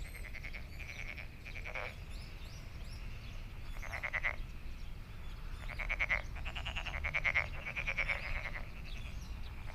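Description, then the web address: Frogs giving rapid pulsed, rattling trills in separate bursts of varying length, with gaps between, over a low background rumble. Recorded 23 May 2008. "frog frog 20080523"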